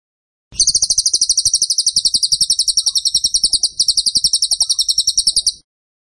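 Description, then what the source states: Bird song: a sustained high-pitched pulsed trill of fast, regular notes lasting about five seconds before stopping abruptly. Masteran (training) song of a bird in tembakan style, described as gacor.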